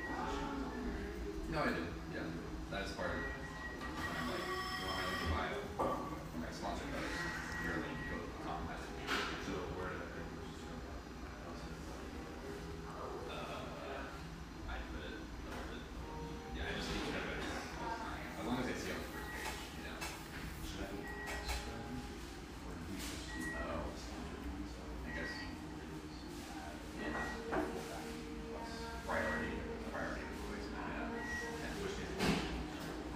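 A busy surf-shack espresso bar, filled with a steady murmur of overlapping voices, a man's speech standing out now and then. Sharp clinks and clatters of cups and dishes pop up every few seconds over a constant low rumble.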